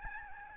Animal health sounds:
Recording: mosquito wingbeat signal from an infrared sensor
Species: Aedes albopictus

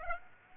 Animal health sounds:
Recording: mosquito wingbeat signal from an infrared sensor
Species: Aedes aegypti

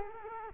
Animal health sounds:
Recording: mosquito wingbeat signal from an infrared sensor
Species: Culex quinquefasciatus

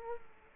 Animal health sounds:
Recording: mosquito wingbeat signal from an infrared sensor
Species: Culex quinquefasciatus

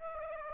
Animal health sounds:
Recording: mosquito wingbeat signal from an infrared sensor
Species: Aedes aegypti

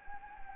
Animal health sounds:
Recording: mosquito wingbeat signal from an infrared sensor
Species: Anopheles gambiae

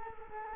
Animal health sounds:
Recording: mosquito wingbeat signal from an infrared sensor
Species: Culex quinquefasciatus

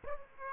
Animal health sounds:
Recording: mosquito wingbeat signal from an infrared sensor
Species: Aedes aegypti

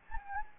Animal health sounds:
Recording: mosquito wingbeat signal from an infrared sensor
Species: Anopheles gambiae

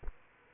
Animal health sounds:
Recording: mosquito wingbeat signal from an infrared sensor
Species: Aedes aegypti

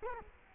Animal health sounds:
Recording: mosquito wingbeat signal from an infrared sensor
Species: Culex quinquefasciatus

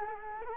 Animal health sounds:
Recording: mosquito wingbeat signal from an infrared sensor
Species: Culex quinquefasciatus

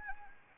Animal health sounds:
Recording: mosquito wingbeat signal from an infrared sensor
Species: Anopheles arabiensis

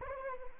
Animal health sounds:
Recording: mosquito wingbeat signal from an infrared sensor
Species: Anopheles arabiensis

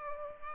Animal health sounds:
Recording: mosquito wingbeat signal from an infrared sensor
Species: Culex pipiens

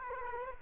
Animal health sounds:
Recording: mosquito wingbeat signal from an infrared sensor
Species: Culex quinquefasciatus

